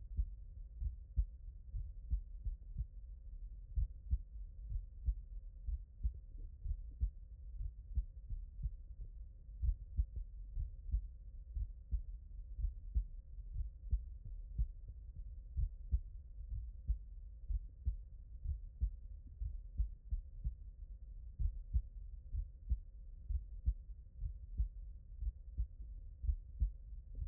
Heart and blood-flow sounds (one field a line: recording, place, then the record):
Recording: heart sounds by stethoscope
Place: mitral valve (MV)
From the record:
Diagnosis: non-HFrEF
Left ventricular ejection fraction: 51%